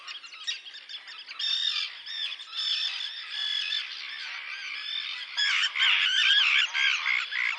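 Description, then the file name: Common tern calls: a constant jumble of shrill, grating cries from several birds, growing louder in the final seconds. "rybitwarzeczna"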